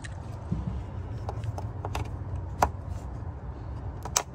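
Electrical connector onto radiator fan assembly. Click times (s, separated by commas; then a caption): 4.2 s. An electrical connector is pushed back onto the other side of the radiator fan assembly on a 2016 Chevy Tahoe whose radiator fans are constantly running. Light handling clicks and rattles come at about 1.3, 1.9, 2.0 and 2.6 seconds, then a sharp, loud snap at 4.2 seconds as the connector seats.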